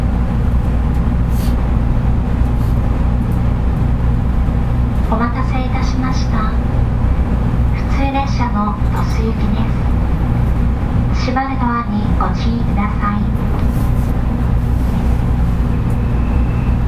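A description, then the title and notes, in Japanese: Inside a local train, a steady low rumble and hum of the carriage runs throughout at a constant level. A woman's voice, likely an announcement, speaks in short phrases around six, eight to nine, and eleven to thirteen seconds, over the engine drone. JR九州 811系 けやき台から鳥栖まで。JR九州 811系電車の走行音です。鹿児島線の普通列車で録音しました。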